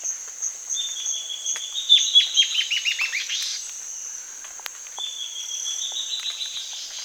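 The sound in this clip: Bird song: a level whistled lead-in breaking into a cascade of fast descending notes, then a second phrase begins, with a steady high insect drone.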